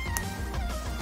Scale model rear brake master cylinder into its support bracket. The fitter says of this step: pas de vis, rien, ça vient se clipser tout naturellement. Voilà.